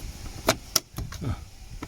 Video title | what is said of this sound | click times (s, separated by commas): เปลี่ยนฟิลเตอร์แอร์ ISUZU Mu-x | เข้าปกติครับเข้าล็อคมันเท่านี้ครับเรียบร้อยก็ | 0.8 s